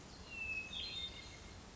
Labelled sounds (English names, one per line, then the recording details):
Hermit Thrush
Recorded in Sonoma County, California